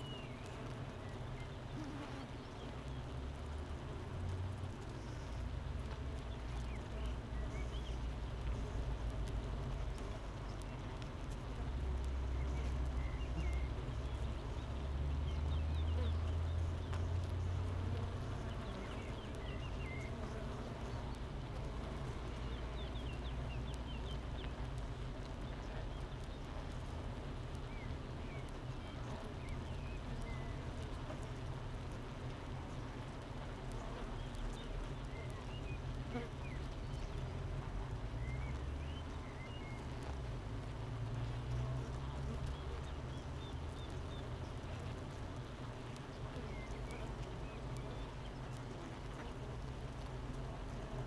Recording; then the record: honeybee colony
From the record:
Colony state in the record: missing queen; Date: 31 May 2018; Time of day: 8:36